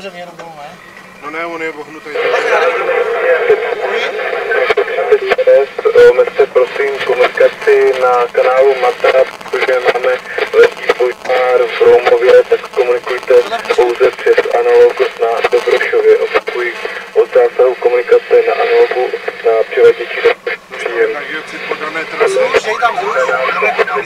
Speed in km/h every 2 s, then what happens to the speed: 9, 6, 7, 9, 10, 11, 11, 8, 5, 3, 0, 0.
0-12 steady at about 9. 12-19 slows to 0. 19-24 standing.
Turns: none.